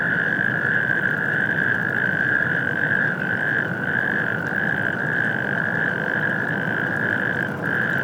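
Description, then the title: Natterjack toads calling together, their grating rattled trills blending into one steady churring drone with brief dips. Several natterjack toads on an industrial wasteland at Stockstadt am Main, heard from the Main riverbank at Mainaschaff, Germany, warm spring night shortly before 22:00; mid-side stereo, Rycote HC-22, EM283 microphones, MixPre-6 II. "Mainufer, Mainaschaff, Deutschland. Kreuzkröten - Kreuzkröten auf der Industriebrache Stockstadt Kai 6"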